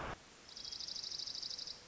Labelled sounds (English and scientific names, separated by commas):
Dark-eyed Junco (Junco hyemalis)